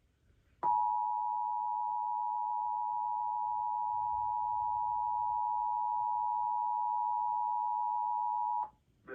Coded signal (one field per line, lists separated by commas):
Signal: Emergency Alert System (SAME) tones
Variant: 853 and 960 Hz attention tone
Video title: EAS #2242 Severe Thunderstorm Warning on WYIN